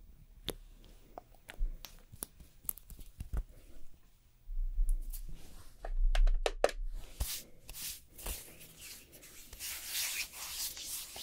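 Nail extension and gel work: scattered scraping, tapping and rubbing strokes, a low rumble midway, then denser bright filing sounds toward the end.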